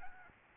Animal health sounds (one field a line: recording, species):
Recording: mosquito wingbeat signal from an infrared sensor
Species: Aedes albopictus